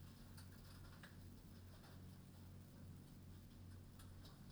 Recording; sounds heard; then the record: poultry house recording; no chicken sound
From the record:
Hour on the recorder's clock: 21